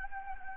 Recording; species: mosquito wingbeat signal from an infrared sensor; Anopheles gambiae